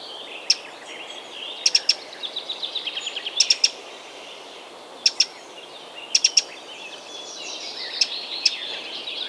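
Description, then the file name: Eurasian wren: sharp, dry ticks, singly and in quick pairs or triplets, amid busy twittering and warbling. "Troglodytes troglodytes"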